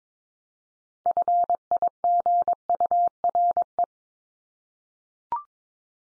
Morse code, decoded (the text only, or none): FIGURE